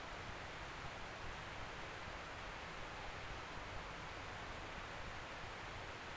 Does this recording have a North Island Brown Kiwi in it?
no